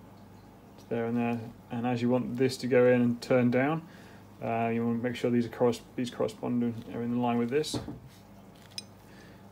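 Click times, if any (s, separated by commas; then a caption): 8.8 s. Someone talks while lining up the curved plastic insert with the matching curves in a Specialized Boomslang bicycle pedal body and pushing it in. After a few faint ticks, a sharp click at 8.8 s marks the insert seating in the pedal body.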